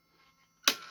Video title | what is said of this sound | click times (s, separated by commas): WPL 2 Speed Gearbox & How to Achieve the Perfect Gear Change | You hear it pop in, and the servo's also gone silent. | 0.7 s